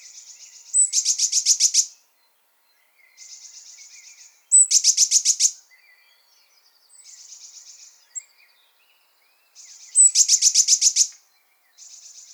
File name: Cyanistes caeruleus